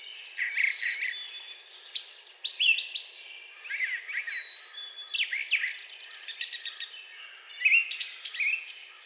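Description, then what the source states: Brown thrasher song, sharp chips, slurred whistles and rattles in short uneven phrases over a soft hiss. Recorded on 4 June 2020.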